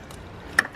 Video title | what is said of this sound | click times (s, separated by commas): 2009-2016 2.0L Volkswagen Tiguan - Starter Replacement | just need to press it on until it clicks and then push the safety | 0.6 s